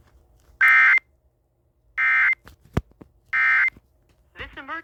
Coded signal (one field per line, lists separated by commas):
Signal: Emergency Alert System (SAME) tones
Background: speech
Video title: Eas svr in Honolulu hawaii Eas#410